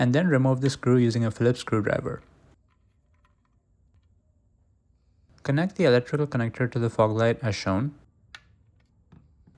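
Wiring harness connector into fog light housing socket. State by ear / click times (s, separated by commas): seated / 8.4 s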